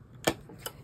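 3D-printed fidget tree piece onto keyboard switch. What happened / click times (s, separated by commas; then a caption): The plastic piece snapped onto the switch / 0.3 s, 0.7 s. A 3D-printed tree piece for a fidget is flipped over and pushed onto the edge of a mechanical keyboard switch. Two short, sharp ticks are heard at 0.3 s and 0.7 s, and the piece snaps into place, seated on the switch.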